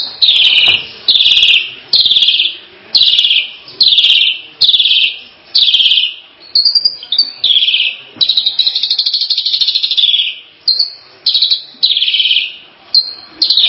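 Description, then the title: Starling song: series of harsh, buzzy rattled phrases, mostly short, with brief gaps. "Kicau Burung Jalak"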